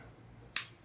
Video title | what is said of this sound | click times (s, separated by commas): DOUBLE OPEN TAGS #7, TWO FOR TUESDAY AND SHOW YOUR ROUGH RYDERS, @knifedelights7473 @BryansKnivesKy | clicks right in | 0.6 s